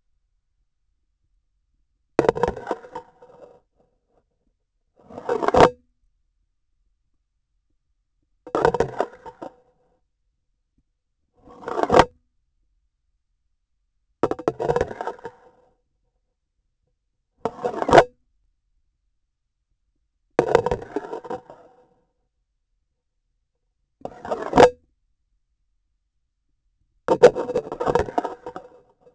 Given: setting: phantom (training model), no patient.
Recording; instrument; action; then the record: laparoscopic instrument, vibration sensor on the handle end; grasping forceps; insertion and removal through the trocar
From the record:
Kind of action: spatial motion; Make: Olympus